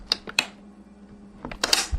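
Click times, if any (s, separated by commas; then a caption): 0.1 s, 0.4 s. The plastic lid of an Ambiano countertop vacuum sealer is pressed down firmly on both sides over the bag, and its latches give sharp clicks at 0.1 s and 0.4 s. A few more short ticks follow around 1.5–1.7 s. The lid is locked shut on the base.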